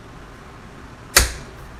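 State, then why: Partly seated. The suction-cup base lock of a Weston metal tomato strainer is worked down onto a countertop, and after quiet low background noise a single sharp click sounds at 1.2 s, then fades. The lock engages, but the hold is not fully secure because the strainer can still be pulled off.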